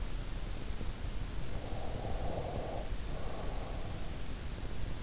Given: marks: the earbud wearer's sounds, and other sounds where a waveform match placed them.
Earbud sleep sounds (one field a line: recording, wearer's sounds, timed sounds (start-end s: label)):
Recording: sounds in sleep by an in-ear microphone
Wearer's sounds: breath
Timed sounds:
1.75-4.14 s: breath